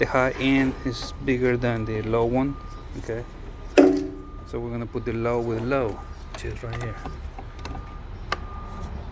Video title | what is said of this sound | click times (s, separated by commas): Recharge Your 2001-2005 Toyota RAV4 AC Freon With Ease! | make sure it clicks. | 8.3 s